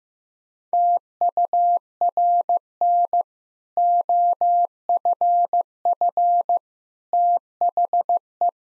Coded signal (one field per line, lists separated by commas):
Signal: Morse code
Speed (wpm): 15 wpm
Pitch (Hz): 700 Hz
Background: none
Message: TURN OFF THE